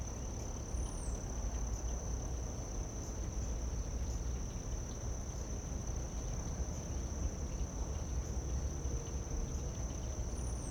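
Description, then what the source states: Crickets producing a steady, unbroken high-pitched trill throughout, with a low rumbling background. Late summer.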